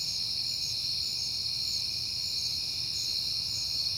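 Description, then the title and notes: Crickets give a dense high chorus with a pulsing trill on top, steady for the whole stretch, over a low rumble. Crickets recorded at night in September, on a peaceful night. "Night Time: Crickets and Passing Cars. It is September and I have been hearing the crickets a lot"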